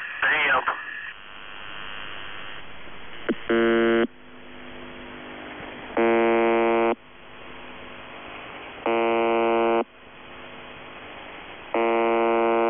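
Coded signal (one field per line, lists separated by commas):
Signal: channel marker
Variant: UVB-76, The Buzzer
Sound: harsh low buzz about one second long, repeating roughly every three seconds, 4 times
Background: radio static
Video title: [UVB-76, The Buzzer] Voice Message; 23. November 2020, 15:19 UTC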